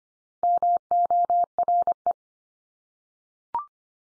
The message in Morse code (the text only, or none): MORE